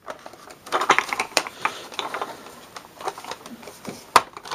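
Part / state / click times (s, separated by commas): plastic cockpit piece into toy car body / seated / 4.2 s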